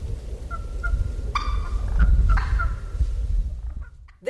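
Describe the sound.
Turkey gobbles and harsh calls in short bursts, with a thin tonal note repeated several times, over heavy low rumbling background noise.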